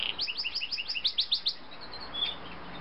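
Canary song: a rapid series of bright chirped notes for about a second and a half, then softer twittering fades out.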